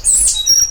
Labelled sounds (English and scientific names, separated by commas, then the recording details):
Stitchbird (Notiomystis cincta) song
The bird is a male
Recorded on Tiritiri Matangi Island, New Zealand, in 2005
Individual 12, of nest box 16